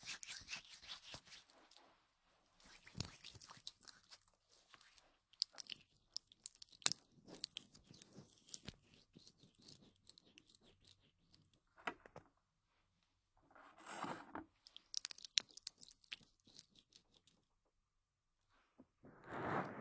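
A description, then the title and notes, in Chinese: A head treatment session with crisp, crunchy scratching and rubbing bursts that come in irregular clusters, separated by stretches of near silence. Sharp clicks pop through around seven seconds, rougher swells return near fourteen seconds, and a fuller rubbing sound rises at the end. 疗愈SPA！头部调理，深度放松。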